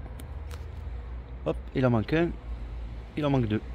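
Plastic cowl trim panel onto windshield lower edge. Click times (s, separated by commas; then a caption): 0.2 s, 0.5 s. A plastic cowl trim panel is pressed onto the lower edge of the windshield of a Twingo 2 so its clips engage. Two sharp, short clicks at 0.2 s and 0.5 s mark the panel seating, followed by a man talking over a low background hum.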